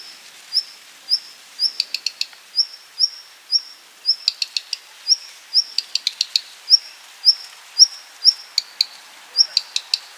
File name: Hausrotschwanz Ruf Alarmruf